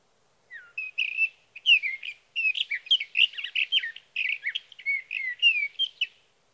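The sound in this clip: Sage thrasher song, a long hurried run of chattering, slurred and whistled notes with a short gap after the opening phrases.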